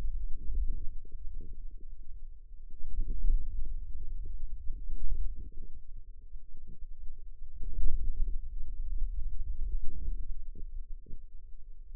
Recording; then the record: forearm muscle sounds (acoustic myography)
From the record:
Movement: hand closing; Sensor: system 2, bracelet of six BSWA MPA416 microphones around the upper forearm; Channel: 2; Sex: female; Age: 21 years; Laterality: right